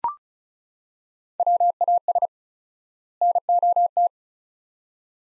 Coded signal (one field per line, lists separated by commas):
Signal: Morse code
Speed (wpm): 36 wpm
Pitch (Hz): 700 Hz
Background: none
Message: WAS NOT